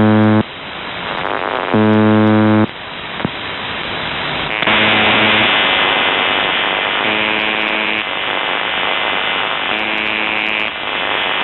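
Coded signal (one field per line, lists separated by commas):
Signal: numbers station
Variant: UVB-76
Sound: five low, harsh buzzes about every 2.5 seconds over steady radio hiss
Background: radio static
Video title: The Buzzer/UVB-76(4625Khz) June 2nd, 2023 09:49UTC Voice message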